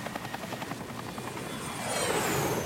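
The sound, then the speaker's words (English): South Vietnamese military aircraft attack from the air over the village of Trang Bang, off Highway 1 between Saigon and Cambodia, while villagers shelter in the pagoda. They roar overhead with a steady rhythmic chopping like helicopter rotors, then a high engine whine swells and grows louder toward the end. No one speaks. “South Vietnamese attack from the air, while villagers take shelter in the pagoda.”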